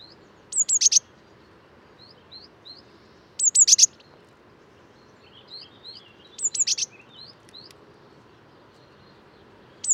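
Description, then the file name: Eurasian blue tit calls, short high bursts of three to four sharp notes about every three seconds, with fainter rising chips between them. "Cyanistes caeruleus"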